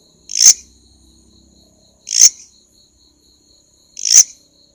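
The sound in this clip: Grasshopper call: sharp buzzy rasps repeated roughly every two seconds over a thin, steady high-pitched hum.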